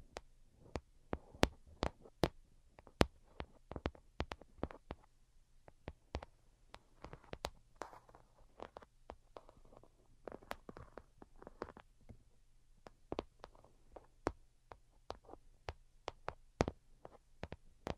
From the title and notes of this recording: Most Delicate and Calming Tapping. (No Talking).